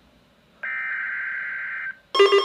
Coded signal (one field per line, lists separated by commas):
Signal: Emergency Alert System (SAME) tones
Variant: header bursts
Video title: EAS #129 - Areal Flood Warning (MY AREA)